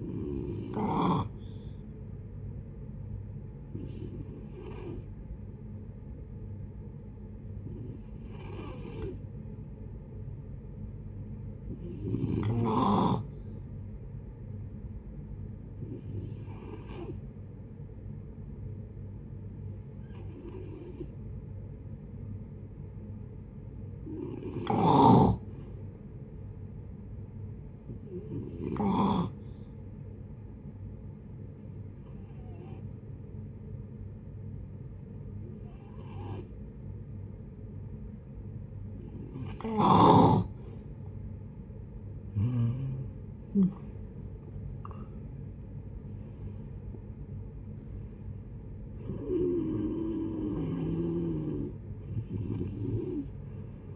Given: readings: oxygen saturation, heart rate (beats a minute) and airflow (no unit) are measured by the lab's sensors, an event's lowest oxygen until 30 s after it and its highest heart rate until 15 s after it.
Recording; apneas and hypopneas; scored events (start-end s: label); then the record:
breathing in sleep by a smartphone at the bedside; 2
3.00-21.50 s: hypopnea (N2, oxygen 94% highest, then 89% lowest, heart rate 66 at the start, 68 highest)
30.00-43.80 s: hypopnea (N2, oxygen 91% highest, then 87% lowest, heart rate 68 at the start, 80 highest)
From the record:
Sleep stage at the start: N2 (light sleep); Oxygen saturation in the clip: 89 to 94%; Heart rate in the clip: 61 to 80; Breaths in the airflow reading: 15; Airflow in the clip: -14.7 to 12.2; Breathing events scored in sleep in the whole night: 496 in 5.4 hours asleep